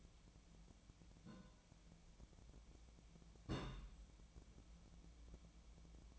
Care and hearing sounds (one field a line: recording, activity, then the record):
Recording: daily activity, microphone in the room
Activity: place on stove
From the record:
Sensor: 1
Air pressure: 1010.1 hPa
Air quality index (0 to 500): 188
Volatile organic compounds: 17 ppm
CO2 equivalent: 2578 ppm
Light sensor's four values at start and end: 39/100/42/51 and 39/100/42/51